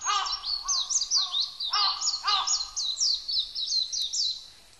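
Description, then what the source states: Japanese white-eye singing a rapid, high, twittering warble of sliding notes, with several lower, harsher notes mixed in. Recorded on 11 April 1998.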